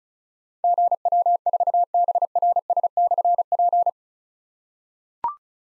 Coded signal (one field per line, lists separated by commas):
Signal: Morse code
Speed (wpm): 36 wpm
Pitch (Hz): 700 Hz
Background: none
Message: GW4BRS/P